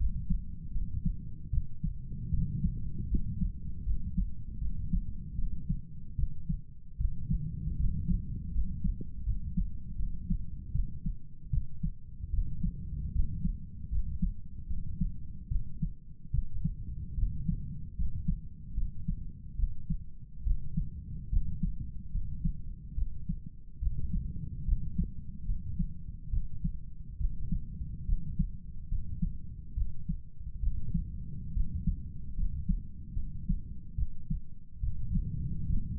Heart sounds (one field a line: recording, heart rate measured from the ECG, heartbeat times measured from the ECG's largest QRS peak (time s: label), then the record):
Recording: heart sounds by stethoscope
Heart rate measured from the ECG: 74 bpm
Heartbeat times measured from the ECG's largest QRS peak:
0.73 s: heartbeat
1.51 s: heartbeat
2.31 s: heartbeat
3.09 s: heartbeat
3.85 s: heartbeat
4.59 s: heartbeat
5.36 s: heartbeat
6.16 s: heartbeat
6.98 s: heartbeat
7.78 s: heartbeat
8.52 s: heartbeat
9.24 s: heartbeat
9.97 s: heartbeat
10.73 s: heartbeat
11.51 s: heartbeat
12.31 s: heartbeat
13.13 s: heartbeat
13.90 s: heartbeat
14.68 s: heartbeat
15.49 s: heartbeat
16.31 s: heartbeat
17.16 s: heartbeat
17.96 s: heartbeat
18.75 s: heartbeat
19.57 s: heartbeat
20.44 s: heartbeat
21.30 s: heartbeat
22.12 s: heartbeat
22.95 s: heartbeat
23.80 s: heartbeat
24.65 s: heartbeat
25.46 s: heartbeat
26.30 s: heartbeat
27.18 s: heartbeat
28.06 s: heartbeat
28.89 s: heartbeat
29.75 s: heartbeat
30.60 s: heartbeat
31.54 s: heartbeat
32.35 s: heartbeat
33.14 s: heartbeat
33.96 s: heartbeat
34.80 s: heartbeat
35.67 s: heartbeat
From the record:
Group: healthy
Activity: rest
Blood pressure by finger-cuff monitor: 94/57 mmHg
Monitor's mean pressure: 69 mmHg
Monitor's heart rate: 74 bpm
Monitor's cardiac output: 7.1 L/min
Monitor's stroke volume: 94 mL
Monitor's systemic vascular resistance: 690 dyn s/cm5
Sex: male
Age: 35 years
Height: 180 cm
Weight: 86.9 kg